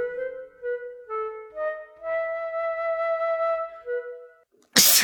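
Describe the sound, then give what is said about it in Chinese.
A soft, sustained melody of held tones plays for several seconds, fades, and then a single sudden, loud, explosive sneeze from the character Bai Yutang, who is reading account books, bursts out right at the end. “正看账本的白玉堂突然一个喷嚏，白福抬头瞧了瞧他。”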